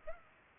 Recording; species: mosquito wingbeat signal from an infrared sensor; Culex pipiens